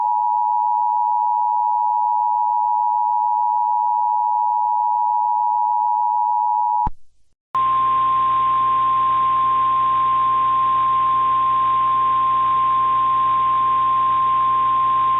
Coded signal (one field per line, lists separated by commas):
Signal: Emergency Alert System (SAME) tones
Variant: 853 and 960 Hz attention tone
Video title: IRRADIATING CHAOS: REMASTRED [EAS SCENARIO/ANALOG HORROR]